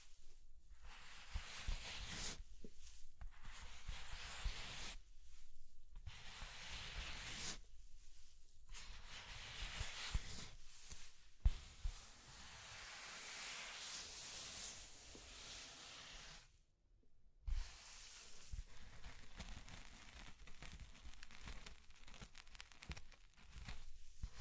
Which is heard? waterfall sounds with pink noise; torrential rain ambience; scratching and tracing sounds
scratching and tracing sounds